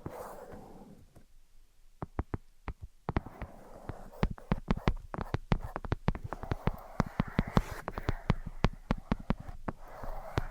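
Invisible tapping and scratching: sharp, crisp taps come in quick irregular bursts, sparse around two seconds and growing dense from about four seconds on. A soft scratchy rustle runs underneath at the start and returns through the second half, with a near-silent pause just before two seconds.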